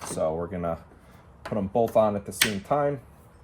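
Someone talks while handling a detachable motorcycle two-up luggage rack, lining up its quick-release clamps to push both sides onto their metal docking points at the same time. Only speech and faint handling noise are heard, and nothing has seated or snapped on yet. The right-side clamp has not snapped on, and the left side binds and is hard to get on.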